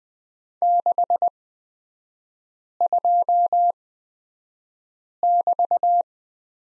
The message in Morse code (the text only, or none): 62<BT>